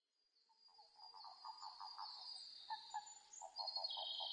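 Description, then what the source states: Japanese common toad giving rapid pulsed croaks in bursts, fading in at the start, with a continuous high buzzing drone and a few chirps above. Eastern Japanese common toad (azumahikigaeru), recorded 5 June 2005.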